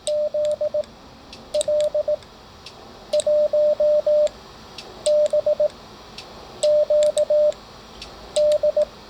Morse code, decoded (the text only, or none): ZL1BQD